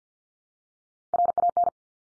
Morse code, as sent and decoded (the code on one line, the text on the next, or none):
.-. .- -.
RAN